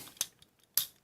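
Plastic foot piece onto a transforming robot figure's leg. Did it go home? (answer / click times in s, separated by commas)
yes / 0.8 s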